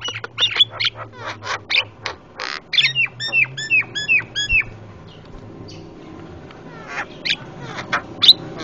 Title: Jalak Kebo Master Suara Super Berisik Buat Masteran